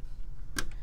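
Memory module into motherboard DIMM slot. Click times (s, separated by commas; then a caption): 0.6 s. A DDR3 memory module is pressed into a DIMM slot on an HP Z420 workstation motherboard, and the slot latch gives a sharp click at 0.6 s, followed by a fainter tick at about 0.7 s over a low background hum. The module is now fully seated.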